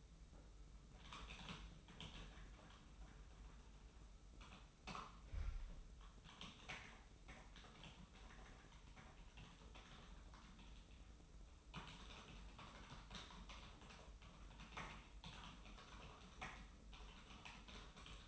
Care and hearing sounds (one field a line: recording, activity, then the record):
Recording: daily activity, microphone in the room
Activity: typing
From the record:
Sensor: 1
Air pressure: 991.0 hPa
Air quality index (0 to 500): 126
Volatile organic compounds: 290 ppm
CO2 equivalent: 4458 ppm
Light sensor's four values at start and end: 23/55/23/25 and 23/55/23/25